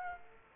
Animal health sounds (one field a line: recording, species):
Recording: mosquito wingbeat signal from an infrared sensor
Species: Aedes aegypti